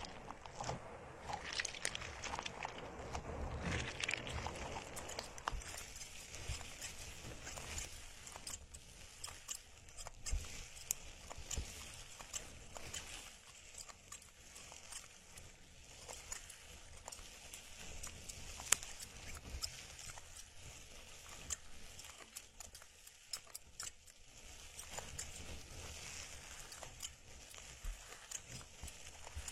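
Plants are rubbed and swept in circles around the ears, giving a dense, crackly rustle with many small snaps and clicks. The first five seconds are fuller and louder, with bright scratchy swishes; after that the rustling settles into a softer, steady crackle that continues to the end.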